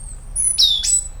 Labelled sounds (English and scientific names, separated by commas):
Stitchbird (Notiomystis cincta) song